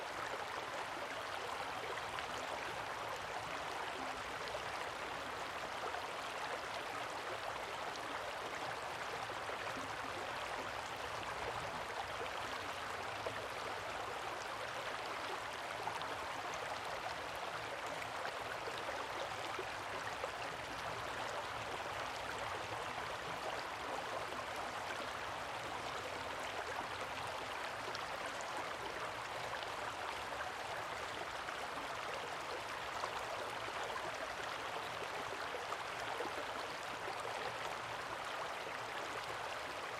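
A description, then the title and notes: A river cascades down a canyon in a steady, dense rush of water that holds even for the whole forty seconds. The roar is full and hissing, strongest in the middle and upper range, with a faint low rumble underneath and no distinct events. The soothing melody of rivers cascading down Lengarica Canyon in Albania is profoundly calming. Recorded by Rafael Diogo.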